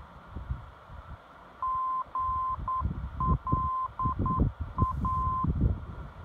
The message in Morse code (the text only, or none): GLA